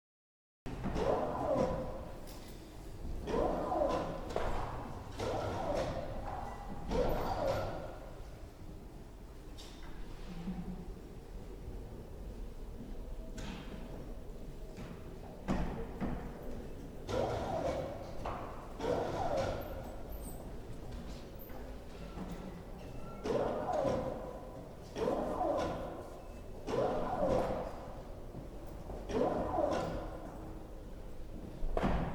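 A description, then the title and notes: A library exit with repeated bursts of doors sliding and thudding every few seconds, faint speech, and a steady low hum of indoor room noise. Sounds of UCL: Senate House library exit. Richard Morgan: Senate House library exit.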